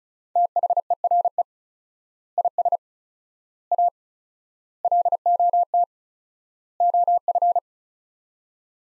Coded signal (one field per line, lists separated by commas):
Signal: Morse code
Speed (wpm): 34 wpm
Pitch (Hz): 700 Hz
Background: none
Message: THERE IS A LOT OF